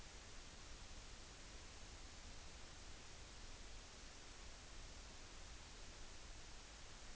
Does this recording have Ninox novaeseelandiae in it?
no